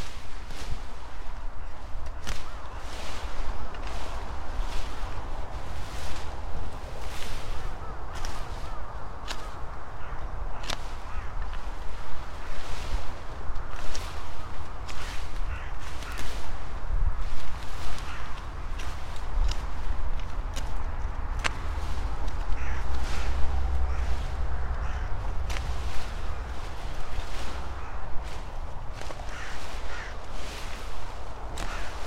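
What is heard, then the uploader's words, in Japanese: Overgrown sweet potato vines are cut off at the base ahead of harvest: sharp snips and quick swishing rustles follow one another irregularly, about one or two each second. A steady low rumble runs underneath throughout, with a faint thin hum higher up. やっと晴れて、サツマイモツル切り。久しぶりの青空を見ながらの昼間、サツマイモ収穫準備で伸びたツルを株元から切っていきます。よく研いだ鎌で一切り。今日はカラスたちが賑やか。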